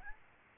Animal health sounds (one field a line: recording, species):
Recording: mosquito wingbeat signal from an infrared sensor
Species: Aedes albopictus